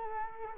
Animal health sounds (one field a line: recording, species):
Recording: mosquito wingbeat signal from an infrared sensor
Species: Culex quinquefasciatus